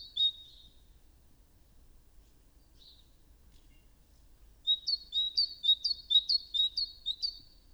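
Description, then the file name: Great tit giving two short high notes, then after a pause a quick run of two-part notes repeated several times. "Parus major"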